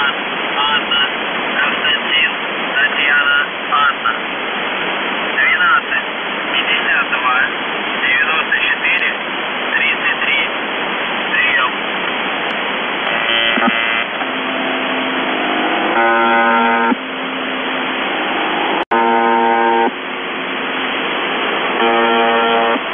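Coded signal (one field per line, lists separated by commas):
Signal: numbers station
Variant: UVB-76, Russian voice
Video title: The Buzzer/UVB-76(4625Khz) September 20, 2021 07:51UTC Voice message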